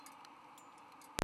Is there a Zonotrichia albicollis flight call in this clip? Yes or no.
no